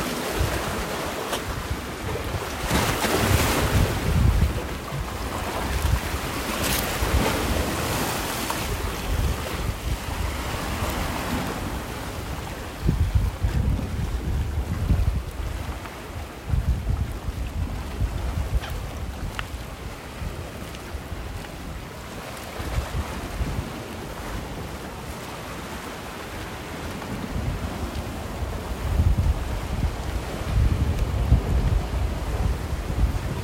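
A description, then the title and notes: Waves and wind fill the whole recording with a constant rough roar, heavy in the low end with gusty buffeting on the microphone. Brighter surges of surf wash in around 3, 7 and 10 seconds, and the sound swells again near the end. Mám za sebou měsíc #vanlife a během toho měsíce jsem zaznamenávala zvuky z těch nejkouzelnějších míst.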